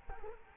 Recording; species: mosquito wingbeat signal from an infrared sensor; Culex quinquefasciatus